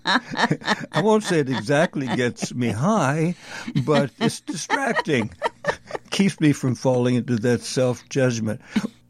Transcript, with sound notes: I won't say it exactly gets me high, but it's distracting.
(laughs)
Keeps me from falling into that self-judgment.